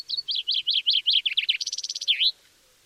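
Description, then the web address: Common chaffinch song: a bright trill of falling, chopped notes that speeds into a rapid rattle and ends in a short looping flourish, lasting about two and a half seconds. "Deverinetal"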